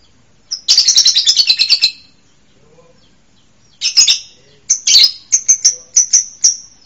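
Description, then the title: Bird song: a rapid burst of high, sharp chirps for about a second, then a pause, then more clipped high notes and a string of whistled chips. "LuckyBurung MasteranBest"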